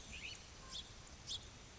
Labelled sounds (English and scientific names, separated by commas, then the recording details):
House Finch (Haemorhous mexicanus)
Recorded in Sonoma County, California